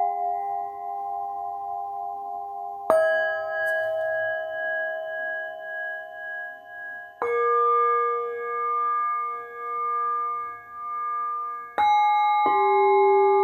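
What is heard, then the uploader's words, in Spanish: Bowl tones ring out in long sustained chords, struck anew at about 3, 7, 12 and 12.5 seconds, each swelling and wavering as it fades. Toque de cuenco corto.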